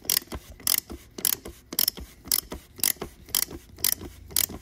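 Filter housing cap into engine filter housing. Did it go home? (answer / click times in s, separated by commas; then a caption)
no / none. A plastic filter housing cap is being done up with a ratchet into the engine filter housing of a Transit Connect van; it has no torque setting and is meant to lock into place through an internal locking tab as it keeps tightening. About nine sharp, bright ratchet bursts repeat roughly every half second over a low mechanical background. The cap has not locked or seated yet.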